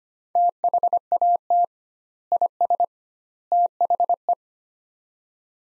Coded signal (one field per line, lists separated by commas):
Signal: Morse code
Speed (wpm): 25 wpm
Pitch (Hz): 700 Hz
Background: none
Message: THAT IS THE